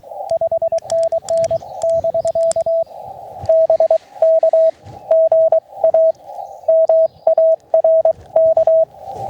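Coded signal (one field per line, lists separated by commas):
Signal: Morse code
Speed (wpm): 22 wpm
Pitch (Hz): 650 Hz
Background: radio noise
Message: 5NN <BK> BK GA MARK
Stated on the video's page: Summit activation (SOTA) QRP CW on a monoband dipole, sent with a tiny paddle; no translations given.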